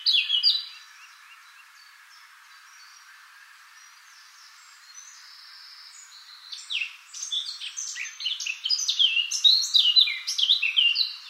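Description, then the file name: Eurasian blackcap: a brief warbled snatch at the start, a long pause, then a building stream of rapid, varied, bright warbling notes. "Sylvia atricapilla"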